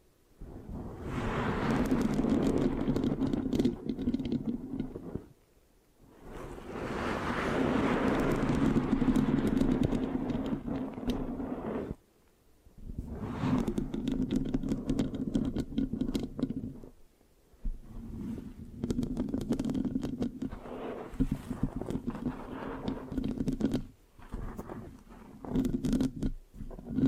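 Mic scratching with a sticky, rubbing texture, made in long strokes of several seconds each, separated by brief silent gaps near 5, 12, 17 and 24 seconds. The sound is dense and low, a rough rumbling scrape with scattered crackles on top. No talking.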